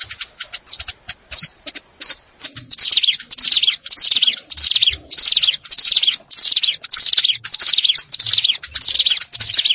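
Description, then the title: Plain prinia singing a fast, steady run of high buzzy, wheezy phrases, with a few sharp clicks at the start. "Ciblek Sawah"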